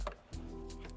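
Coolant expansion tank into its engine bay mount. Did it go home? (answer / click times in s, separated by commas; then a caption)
no / none. The plastic coolant expansion tank of an Audi 4.0T is handled as it is brought back toward its mount in the engine bay, with sharp knocks at about 0.1 s and 1.0 s over a steady low tonal hum. Nothing has clicked or seated yet.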